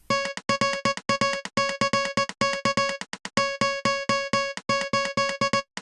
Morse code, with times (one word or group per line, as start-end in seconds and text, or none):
0.1-3.0 TRACK
3.4-5.6 08